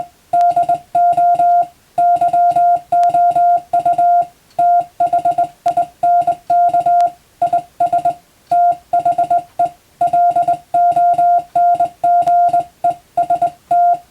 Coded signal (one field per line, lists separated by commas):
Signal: Morse code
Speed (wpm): 22 wpm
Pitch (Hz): 700 Hz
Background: music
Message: DO YOU THINK IS THE LONGEST